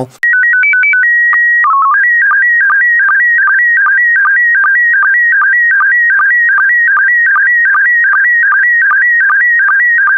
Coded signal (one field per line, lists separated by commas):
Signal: SSTV (slow-scan television)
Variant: PD 50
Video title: Daily Minutes, 29 december 2018. Nieuws. Afbeeldingen in SSTV en DRM